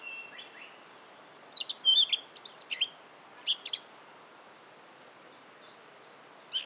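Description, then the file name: Eurasian blackcap giving a brief burst of scratchy, chattering notes with a few bright whistled accents, set against a steady background hiss. "Sylvia atricapilla"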